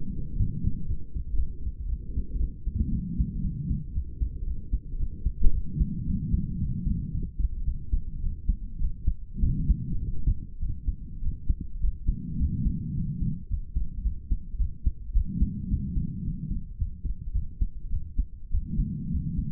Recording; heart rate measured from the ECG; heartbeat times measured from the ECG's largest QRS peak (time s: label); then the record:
heart sounds by stethoscope; 109 bpm
0.39 s: heartbeat
0.88 s: heartbeat
1.38 s: heartbeat
1.88 s: heartbeat
2.39 s: heartbeat
2.91 s: heartbeat
3.43 s: heartbeat
3.94 s: heartbeat
4.46 s: heartbeat
4.99 s: heartbeat
5.53 s: heartbeat
6.07 s: heartbeat
6.60 s: heartbeat
7.13 s: heartbeat
7.66 s: heartbeat
8.22 s: heartbeat
8.81 s: heartbeat
9.43 s: heartbeat
10.02 s: heartbeat
10.61 s: heartbeat
11.23 s: heartbeat
11.82 s: heartbeat
12.40 s: heartbeat
12.96 s: heartbeat
13.50 s: heartbeat
14.04 s: heartbeat
14.59 s: heartbeat
15.14 s: heartbeat
15.70 s: heartbeat
16.25 s: heartbeat
16.78 s: heartbeat
17.34 s: heartbeat
17.91 s: heartbeat
18.51 s: heartbeat
19.11 s: heartbeat
From the record:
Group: healthy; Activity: light exercise 0-1 s, rest 1-20 s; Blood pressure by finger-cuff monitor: 120/61 mmHg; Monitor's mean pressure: 77 mmHg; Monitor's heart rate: 109 bpm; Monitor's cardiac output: 9.9 L/min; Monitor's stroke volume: 90 mL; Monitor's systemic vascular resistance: 560 dyn s/cm5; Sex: female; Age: 22 years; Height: 163 cm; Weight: 67.1 kg